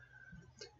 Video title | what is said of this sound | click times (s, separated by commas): Which is Better, French Drain or Downspout Drain? Which Solves More Problems? | Good connection. Double check it. You'll hear it snap when it goes together. | 0.6 s